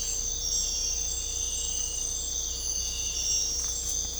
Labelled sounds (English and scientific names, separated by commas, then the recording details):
none
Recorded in dense forest near Puerto Asís, Putumayo, Colombia, on 16 December 2024 at 05:30
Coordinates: 0.499, -76.324
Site G045